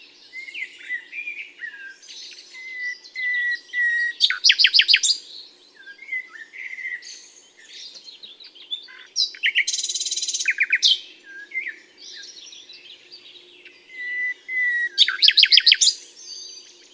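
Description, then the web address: Common nightingale singing soft whistled notes broken by three loud rattling bursts, one a dense buzzy trill, with a low steady hum beneath. "SETE data Luscinia megarhynchos"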